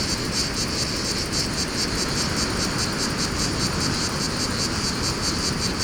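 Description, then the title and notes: Cicadas give pulsing high-pitched buzzes, rapidly repeated over loud rushing wind. Cicadas in a pine wood during mistral wind, Fontvieille, France; two microphones with DIY windscreens, DAT cassette recorder. "Fontvieille, France - Mistral et cigales. Le Mistral dans la pinède les cigales et insectes au sol , quelques bruits de circulation"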